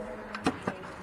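A rear air spring on a BMW 535 is pushed down into its lower suspension mount and snaps home with a quick series of three short clicks at 0.4, 0.5 and 0.7 seconds over a steady low background hum. The air spring is seated and stays locked in place when pulled down.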